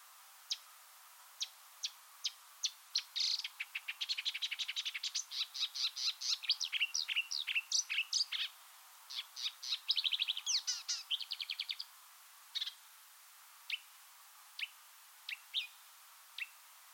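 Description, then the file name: Marsh warbler song: isolated sharp notes leading into a long rapid run of varied chips, slurred whistles and trills, then spaced single notes again. "suara-kicauan-burung-marsh-warbler -omkicau"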